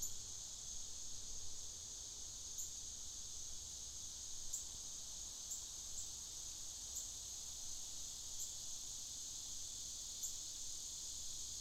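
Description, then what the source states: Cicadas droning in a continuous high, dense buzz that holds steady throughout, with faint brief ticks now and then and a low background rumble. Cicadas in the afternoon.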